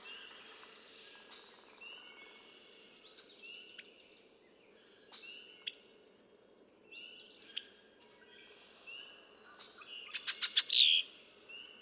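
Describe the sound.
Red-winged blackbird song: several spaced whistles and chips, then a loud climax of rapid clicks ending in a harsh buzzy trill near the end.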